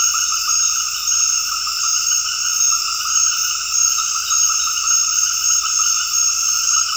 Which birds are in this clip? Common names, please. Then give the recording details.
none. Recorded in dense forest near Puerto Asís, Putumayo, Colombia, on 18 February 2024 at 20:30. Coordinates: 0.485, -76.318. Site G6408